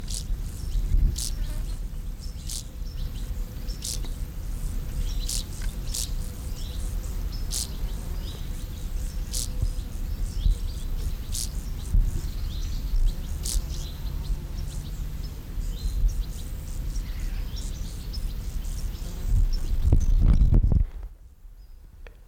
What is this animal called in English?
Field Grasshopper